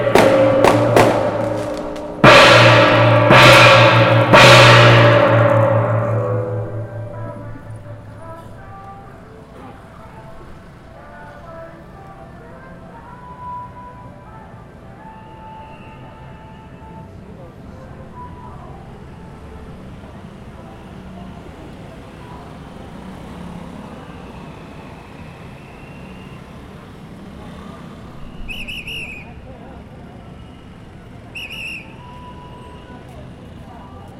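A temple festival in Taipei's Wanhua district opens with loud, clashing strikes of gongs and cymbals that ring out and fade by about eight seconds. A low, steady street hum with faint voices follows, broken by two brief high chirps near the end.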